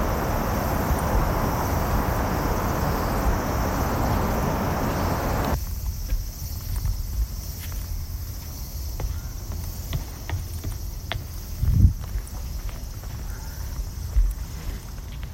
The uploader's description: Field-recorded at Odaiba Kaihin Park, Tokyo.